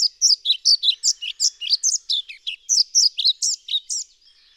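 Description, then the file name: European pied flycatcher song, a fast run of sweet, high chirping notes alternating up and down, delivered in one steady phrase of about four seconds before stopping. "Bonte Vliegenvanger Ficedula hypoleuca"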